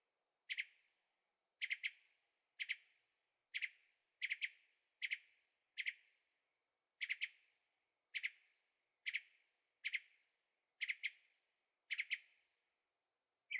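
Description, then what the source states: Bird calls as sharp, dry chips, single or paired, repeated steadily about once a second throughout. Birds singing at night in Carefree, Arizona; recorded in stereo on a Zoom H6.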